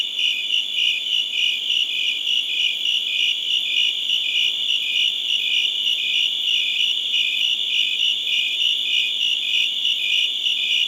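Crickets chirping, an even, shrill pulsed drone with a steady quick rhythm sustained throughout.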